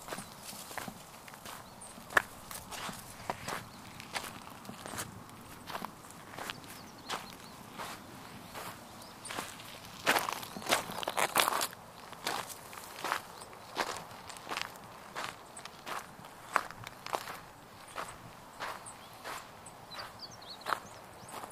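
Footsteps push through grass along a river in the morning, a steady run of crisp, brushing steps about two per second for the full 22 seconds. A denser, louder flurry of rustling comes around ten to twelve seconds, over a soft, constant low background.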